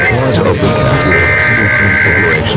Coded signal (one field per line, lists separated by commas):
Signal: Emergency Alert System (SAME) tones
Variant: header bursts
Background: speech